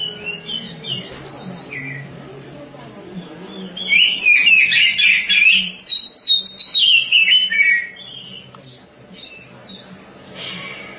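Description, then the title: Oriental magpie-robin song: soft opening notes, then a loud burst of varied whistles and trills for about four seconds, fading to quiet calls over a low hum. "Suara Kicauan Burung Kacer"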